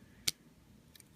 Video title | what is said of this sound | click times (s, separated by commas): Iron Factory IF EX-11 EVIL LORD (Overlord) | which actually slide up and there you can see there a little divot here they actually clip on you you'll hear them snapping Place | 0.3 s